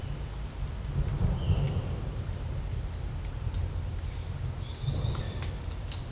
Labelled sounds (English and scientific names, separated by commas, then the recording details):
none
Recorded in dense forest near Puerto Asís, Putumayo, Colombia, on 20 December 2024 at 09:30
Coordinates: 0.481, -76.323
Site G100